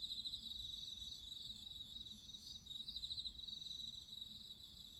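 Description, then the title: Crickets trill quickly and steadily in a high continuous chorus, with a faint low hum beneath. Crickets singing at midnight. "Listen to nature crickets singing at midnight"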